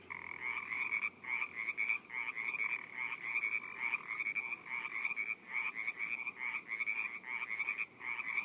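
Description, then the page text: Frog chorus of buzzy, pulsed croaks from several callers, overlapping in quick succession with brief gaps. Several frogs in a pond along Wilder Rd, Orinda, California, USA, recorded February 24, 2014. "frogs in pond at wilder. US-CA-Orinda-1234 Wilder Rd — Feb 24, 2014. Pond audio. PajaroNerds"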